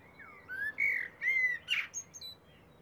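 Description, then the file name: Common blackbird song, soft warbling whistled notes closing with a thin high squeak. "Turdus merula"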